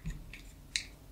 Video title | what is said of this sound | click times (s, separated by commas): ♦ TEST FENTY SKIN! Czy warto? 🤔 testuję kosmetyki od Rihanny - OPENBOX ♦ Agnieszka Grzelak Beauty | kliknęło trzyma się mamy to | 0.8 s